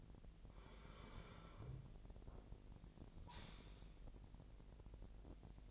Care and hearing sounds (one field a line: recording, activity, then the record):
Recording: daily activity, microphone in the room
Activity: sit down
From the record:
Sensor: 5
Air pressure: 1001.6 hPa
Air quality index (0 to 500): 249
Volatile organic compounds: 31 ppm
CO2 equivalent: 2984 ppm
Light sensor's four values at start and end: 46/106/43/45 and 46/106/44/45